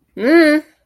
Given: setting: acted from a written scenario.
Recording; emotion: vocal sound without words; neutral